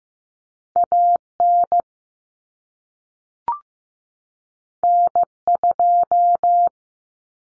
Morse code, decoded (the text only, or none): AN N2